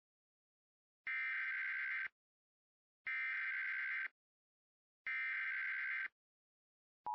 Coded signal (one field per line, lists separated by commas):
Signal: Emergency Alert System (SAME) tones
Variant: header bursts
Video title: (Quiet ) EAS #17 / DUST STORM WARNING for Imperial; Riverside, CA; until 6:08 PM PDT (Spectrum TV)